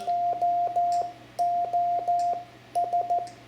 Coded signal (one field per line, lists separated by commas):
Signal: Morse code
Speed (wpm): 14 wpm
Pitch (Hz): 700 Hz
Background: radio noise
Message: OOS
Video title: CW Calling CQ and a basic QSO (Lesson 12) Example for a new ham, amateur radio Morse Code